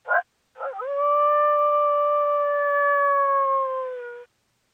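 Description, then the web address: Coyote howl: one short, sharp bark, then a long, smooth howl lasting nearly four seconds that slowly drops in pitch toward the end. Call linked to mating. "Coyote Coyote. Mate"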